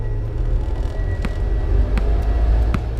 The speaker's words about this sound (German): Auf der Straße stieg er in ein Auto und fuhr davon.